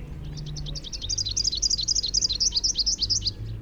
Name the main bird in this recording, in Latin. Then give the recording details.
Basileuterus rufifrons. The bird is a male. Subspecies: rufifrons. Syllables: 32. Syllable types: 6. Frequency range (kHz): 2.9-6.8 kHz. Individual MO-R01-M